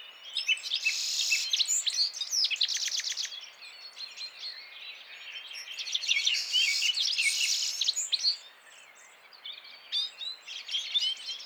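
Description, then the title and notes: Citril finch song, overlapping high twittering and rapid ticking trills in lively bursts, a quieter spell late on before scattered chirps resume. Males singing in a flock before females at the end of winter, mountains, Vallon de Combeau, Drôme, France, 17 March 2017; recorded with Nagra Seven and Telinga P7. "Printemps de Venturon. Vallon de Combeau - Drôme"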